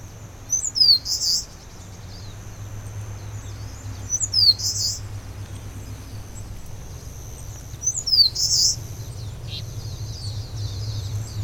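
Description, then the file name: Eastern crowned warbler song repeated three times about every four seconds, each phrase of high sharp notes finishing in a rasping buzz, with a low hum underneath. "warbler-eastern-crowned -Phylloscopus-coronatus"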